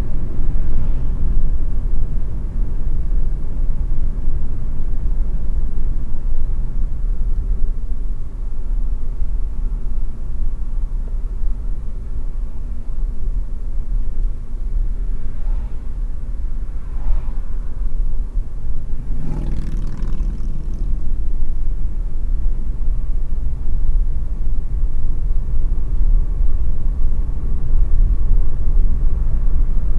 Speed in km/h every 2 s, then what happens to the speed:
76, 75, 69, 58, 56, 54, 56, 57, 56, 57, 62, 71, 75, 85, 85.
2-10 slows to 54. 10-18 steady at about 56. 18-26 speeds up to 85.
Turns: 6-21.